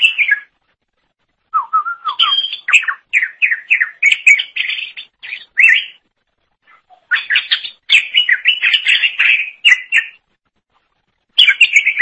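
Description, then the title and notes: Leafbird song with varied chattering and whistled notes in several bursts, some rising and falling, broken by brief silences. "Suara Kicauan Burung Cucak Ijo"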